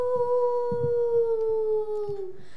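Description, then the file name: Wolf howl, a long steady tone slowly falling in pitch over more than two seconds, with faint low knocks beneath. "loup"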